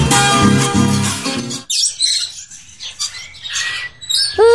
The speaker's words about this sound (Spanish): Ya cantan los pajaritos, ¿qué horas serán?